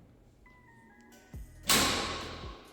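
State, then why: Seated. A garage door is lowered, with faint tonal sounds early on and a low thump around 1.3 s. At about 1.7 s the door reaches the bottom and its lock engages with a sharp click followed by a broad, decaying rattle. The door is confirmed locked.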